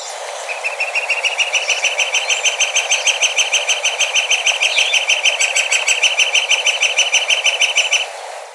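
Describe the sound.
Northern flicker call: a long, steady series of loud, even, ringing notes, several per second, lasting over seven seconds before stopping.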